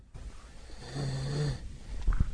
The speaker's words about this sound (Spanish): Van a escuchar al … roncar porque ya se durmió.